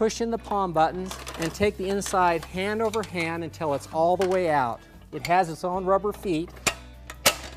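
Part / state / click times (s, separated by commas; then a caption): telescoping inner ladder section lock in the ladder frame / seated / 7.3 s. Someone talks while the palm button is pressed and the inner telescoping section of a multi-purpose aluminium ladder, which has its own rubber feet, is pulled hand over hand all the way out of the ladder frame. Its lock snaps into place with a sharp metallic click at 7.3 s, and the section is locked.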